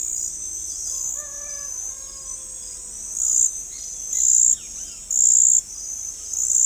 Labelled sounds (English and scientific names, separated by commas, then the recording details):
none
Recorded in forest near Pivijay, Magdalena, Colombia, on 3 June 2023 at 05:30
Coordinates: 10.467, -74.380
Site Z5-G034